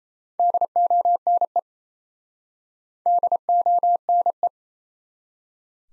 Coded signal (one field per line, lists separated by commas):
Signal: Morse code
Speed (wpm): 39 wpm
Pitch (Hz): 700 Hz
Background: none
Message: DONE DONE